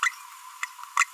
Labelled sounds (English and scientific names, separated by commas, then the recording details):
Green-rumped Parrotlet (Forpus passerinus) babbling
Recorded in a nest box in Venezuela
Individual 18B25A3